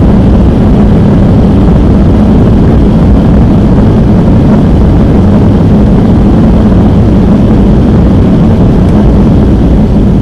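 Engines hum without a break, a dense, steady low drone that is strongest in the bass, with a faint rumbling texture running through it. The level stays constant for the whole ten seconds, with no separate events standing out.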